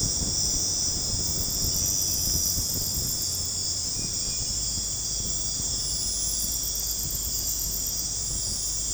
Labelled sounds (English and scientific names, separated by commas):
none